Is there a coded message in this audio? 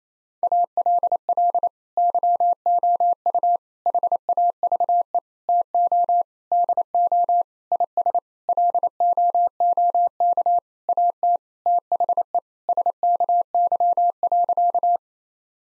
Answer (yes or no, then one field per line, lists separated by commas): yes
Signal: Morse code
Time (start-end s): 0.4-15.0 s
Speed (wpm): 28 wpm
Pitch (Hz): 700 Hz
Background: none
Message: ALL YOU HAVE TO DO IS LOOK AT THE SKY.